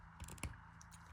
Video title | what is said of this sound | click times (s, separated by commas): Is this the best Batman Begins figure? | there's a double like the knee locks into place | 0.4 s